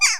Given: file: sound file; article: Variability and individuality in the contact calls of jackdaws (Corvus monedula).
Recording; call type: jackdaw call; harmonic